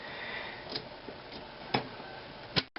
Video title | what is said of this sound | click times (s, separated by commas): Dell Dimension L667r Put together and how to build a PC | there you go snaps right in here | 2.6 s